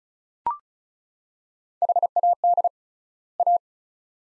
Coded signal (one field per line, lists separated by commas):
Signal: Morse code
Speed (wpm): 34 wpm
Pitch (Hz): 700 Hz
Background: none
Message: HAD A